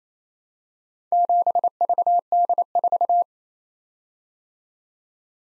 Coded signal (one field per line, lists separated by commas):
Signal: Morse code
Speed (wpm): 27 wpm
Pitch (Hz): 700 Hz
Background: none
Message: 7VD4